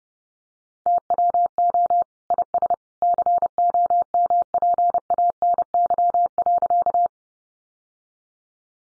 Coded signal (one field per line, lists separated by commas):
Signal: Morse code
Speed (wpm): 30 wpm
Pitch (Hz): 700 Hz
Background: none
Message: TWO IS COMPANY.